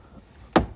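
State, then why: Seated. An aftermarket Defender3D rear load space light housing is pushed up into the interior trim panel of a Defender 110 until its clip engages. After a faint low background, a loud, sharp click sounds at 0.6 s and quickly decays. The light housing clip is seated in the trim.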